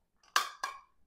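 The tab end on the other side of a blade for a GVODE slicer shredder KitchenAid mixer attachment is pressed into the attachment cylinder. A faint knock comes first, then a loud, bright snap at 0.4 s, followed by a second, softer snap at about 0.6 s. The blade is confirmed seated in the cylinder.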